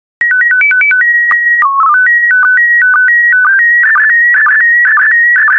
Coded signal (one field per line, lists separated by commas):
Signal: SSTV (slow-scan television)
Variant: PD 120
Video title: 5074 Coasts SSTV PD120